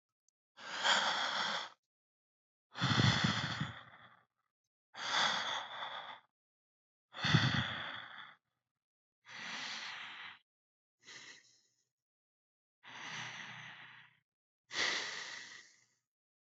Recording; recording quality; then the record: deep breathing; excellent, no background noise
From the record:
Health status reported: healthy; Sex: male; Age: 21 years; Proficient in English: yes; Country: India